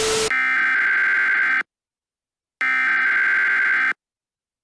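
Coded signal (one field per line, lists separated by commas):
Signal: Emergency Alert System (SAME) tones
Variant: header bursts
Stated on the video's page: Fictional analog-horror EAS scenario, not based on a real event.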